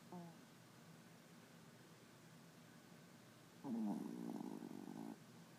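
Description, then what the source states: Dog snoring: a brief soft sound at the start, then one longer snore lasting over a second, over quiet background hiss. Small dog snoring.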